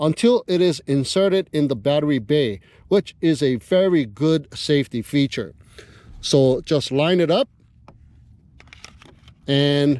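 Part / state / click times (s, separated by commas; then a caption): flight battery into quadcopter battery bay / not seated / none. Someone talks while a JJRC X19 PRO quadcopter's flight battery is lined up with its battery bay before being pushed down. Speech fills most of the clip, then comes a quieter stretch with several faint, sharp handling ticks between about 7.9 and 9.3 seconds before the talking resumes. No seating click has happened yet; the battery is only being lined up.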